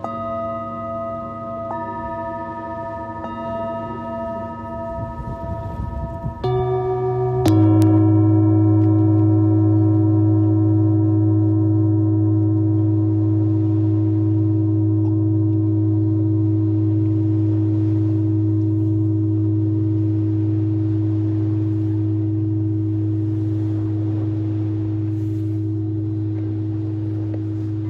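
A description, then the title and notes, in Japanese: A singing bowl hums with a steady ringing tone, joined by a second bowl around six seconds in. At about seven seconds a deeper, louder bowl is struck, and its low, sustained drone holds evenly through the rest, with soft overtones shimmering above. メキシコから シンギングボウルのサウンドヒーリング ライブ。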